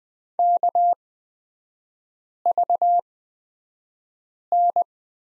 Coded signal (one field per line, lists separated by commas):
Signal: Morse code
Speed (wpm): 20 wpm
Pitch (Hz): 700 Hz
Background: none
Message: KVN